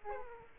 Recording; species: mosquito wingbeat signal from an infrared sensor; Aedes aegypti